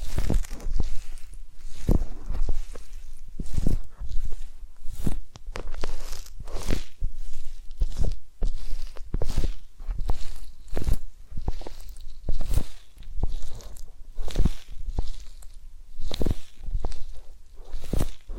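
Close-up massage and ear-cleaning sounds: a steady run of crisp rubbing and scratching strokes, roughly two or three every second, each a short crunchy burst with a bright, hissy edge. A faint low rumble sits underneath, and no voice is heard.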